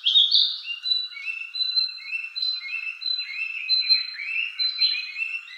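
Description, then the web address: Narcissus flycatcher singing a continuous string of whistled, slurred notes, with a steady high note repeated through it. 13 May 2014. "birdenaga kibitaki"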